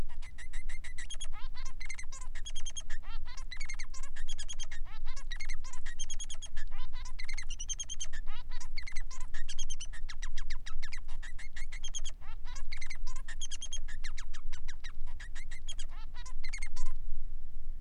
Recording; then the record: song of a male Bengalese finch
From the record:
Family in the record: son of father 3